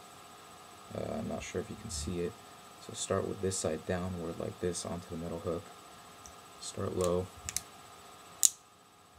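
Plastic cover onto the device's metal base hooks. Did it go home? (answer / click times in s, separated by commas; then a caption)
yes / 8.5 s. Someone talks while refitting a plastic cover onto the device's metal base hooks, hooking its lower edge onto the middle hook first and then pressing it down. Faint ticks come just before a sharp, loud snap at 8.5 s, when the cover clicks into place and locks onto the base.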